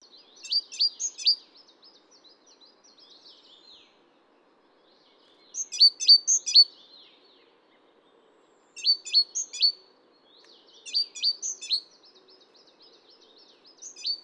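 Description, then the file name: Great tit calls: short bursts of three or four high, sharp notes, repeated several times over a quiet background. "Parus major"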